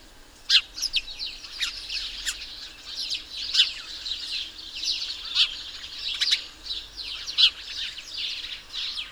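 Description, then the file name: House sparrow chirps: a busy flock chatter of short, overlapping notes, with a few louder chirps standing out here and there. "Passer domesticus"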